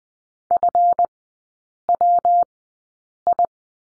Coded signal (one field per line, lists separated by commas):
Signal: Morse code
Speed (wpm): 21 wpm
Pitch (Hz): 700 Hz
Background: none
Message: FWI